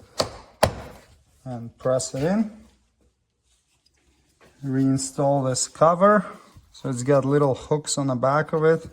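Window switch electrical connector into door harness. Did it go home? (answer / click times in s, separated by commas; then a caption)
yes / 0.2 s, 0.6 s. A window switch electrical connector is plugged into the door harness of a 2010-2015 Lexus RX350 / RX450h, with the tabs lined up and pressed in. Two sharp clicks sound at 0.2 s and 0.6 s as it seats, followed by someone talking.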